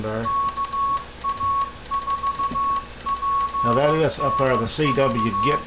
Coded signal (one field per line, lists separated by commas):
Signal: Morse code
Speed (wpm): 15 wpm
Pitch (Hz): 1110 Hz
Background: speech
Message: KA4PNV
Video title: Morse Code And Amateur Radio Still going Strong Documentary And History